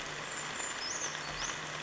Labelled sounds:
Brown Creeper
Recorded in Sonoma County, California

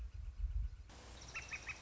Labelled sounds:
Northern Flicker
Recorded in Sonoma County, California

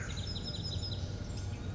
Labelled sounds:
Chestnut-backed Chickadee
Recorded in Sonoma County, California

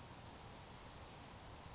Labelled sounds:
Grasshopper Sparrow
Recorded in Sonoma County, California

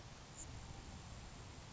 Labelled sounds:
Grasshopper Sparrow
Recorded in Sonoma County, California

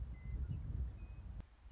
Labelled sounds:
Western Meadowlark
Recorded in Sonoma County, California

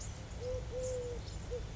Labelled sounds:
Eurasian Collared Dove
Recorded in Sonoma County, California

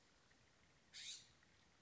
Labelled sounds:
California Scrub-Jay
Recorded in Sonoma County, California

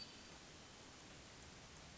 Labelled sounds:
Hermit Thrush
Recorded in Sonoma County, California

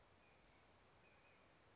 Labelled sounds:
White-breasted Nuthatch
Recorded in Sonoma County, California

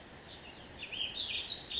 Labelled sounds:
Ash-throated Flycatcher
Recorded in Sonoma County, California

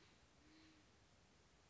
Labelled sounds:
Band-tailed Pigeon
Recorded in Sonoma County, California

